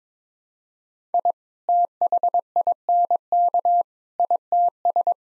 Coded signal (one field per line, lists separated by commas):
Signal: Morse code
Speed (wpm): 22 wpm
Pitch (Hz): 700 Hz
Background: none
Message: I THINK ITS